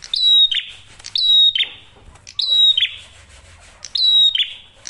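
Prinia song with four bright whistled phrases, each ending in a buzzy downward slur, spaced about a second apart over a faint low rumble.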